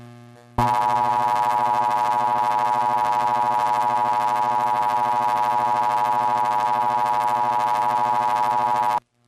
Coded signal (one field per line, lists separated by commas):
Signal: Emergency Alert System (SAME) tones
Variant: 853 and 960 Hz attention tone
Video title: EAS Tornado Drill interrupts plotagon channel HD'S normal programming {April 30th 2018}